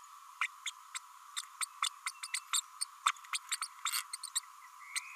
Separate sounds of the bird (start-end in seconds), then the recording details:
0.41-0.47, 0.66-0.71, 0.94-0.98, 1.61-1.65, 1.82-1.88, 2.06-2.10, 2.23-2.27, 2.33-2.39, 2.53-2.61, 2.81-2.84, 3.06-3.11, 3.33-3.38, 3.51-3.56, 3.61-3.67, 3.85-3.91, 4.13-4.16, 4.35-4.39, 4.95-5.00. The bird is a female. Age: 30 days. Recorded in a nest box in Venezuela. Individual 17B32A5